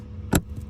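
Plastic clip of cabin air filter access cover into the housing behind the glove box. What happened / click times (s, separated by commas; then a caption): The plastic cover clip snapped into place / 0.4 s. A plastic clip on one side of a Camaro's cabin air filter access cover, behind the glove box, is pushed into its housing. A single sharp, bright snap lands at 0.4 s over a low, steady background hum. The clip is confirmed seated.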